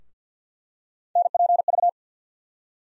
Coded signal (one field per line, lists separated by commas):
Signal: Morse code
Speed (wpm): 50 wpm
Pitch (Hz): 700 Hz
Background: none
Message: NPV